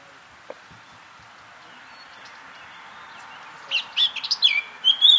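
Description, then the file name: Eurasian blackcap: after several seconds of faint background hiss, a short phrase of clear fluty whistled notes begins near the end. "Sylvia atricapilla"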